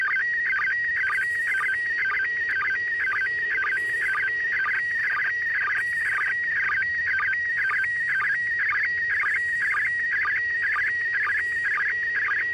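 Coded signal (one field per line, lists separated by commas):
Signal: SSTV (slow-scan television)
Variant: PD120 mode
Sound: warbling, chirping tone scanning lines about twice a second, steady beeping rhythm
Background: radio static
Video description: Decoding SSTV from the International Space Station on 145.800 MHz PD120 mode.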